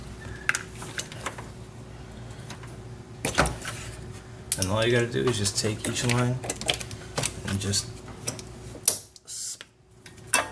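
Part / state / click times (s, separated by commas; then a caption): fuel line quick connector onto fuel filter nipple / seated / 8.9 s, 10.3 s. Someone talks while the two fuel line quick-connect fittings on a Chevrolet Cobalt are lined up and slid onto the ends of a new in-line fuel filter, with scattered small handling clicks and rattles along the way. A sharp click at 8.9 s and another at 10.3 s mark each connector snapping onto the filter nipple, and both fittings end up seated.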